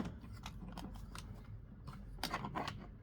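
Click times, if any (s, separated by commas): none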